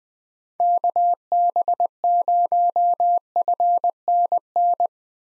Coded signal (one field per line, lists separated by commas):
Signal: Morse code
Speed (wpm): 20 wpm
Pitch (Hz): 700 Hz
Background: none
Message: KB0FNN